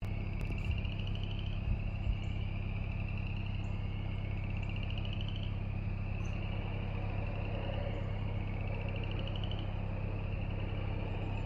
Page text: Maryland Biodiversity. Upland Chorus Frog ( Pseudacris feriarum )